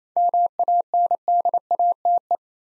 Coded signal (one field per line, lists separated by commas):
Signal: Morse code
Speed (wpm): 27 wpm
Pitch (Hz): 700 Hz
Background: none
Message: MANDATE